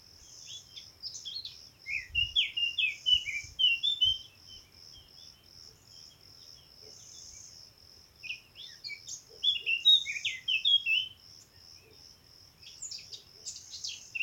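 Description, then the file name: Eurasian blackcap singing varied, mellow warbling phrases in three separate bursts with quiet gaps between, while an insect keeps up a continuous high, pulsed buzz. "Sylvia atricapilla"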